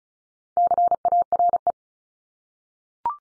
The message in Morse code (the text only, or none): CARE